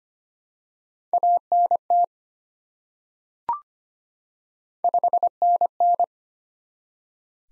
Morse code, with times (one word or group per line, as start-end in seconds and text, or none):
1.1-2.0 ANT
4.8-6.0 5NN